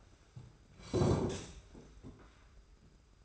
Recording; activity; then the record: daily activity, microphone in the room; sit down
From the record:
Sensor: 2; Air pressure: 991.5 hPa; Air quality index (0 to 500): 175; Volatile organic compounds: 1000 ppm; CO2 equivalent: 5655 ppm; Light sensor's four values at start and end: 25/80/31/30 and 27/84/33/31